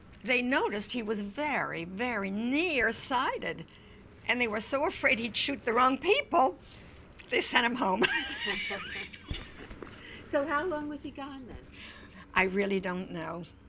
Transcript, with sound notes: they noticed he was very, very nearsighted, and they were so afraid he'd shoot the wrong people they sent him home. ( she laughs )
So how long was he gone, then?
I really don't know,